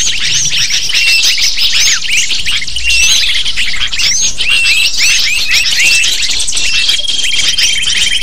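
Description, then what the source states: Lovebirds chattering as a dense flock, with rapid high shrill chirps overlapping continuously, and a few steady high whistled tones near the end. Sound used to lure lovebirds.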